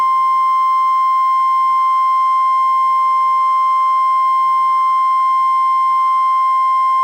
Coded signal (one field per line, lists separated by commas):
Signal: Emergency Alert System (SAME) tones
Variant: 1050 Hz attention tone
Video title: REAL EAS 822-Severe thunderstorm watch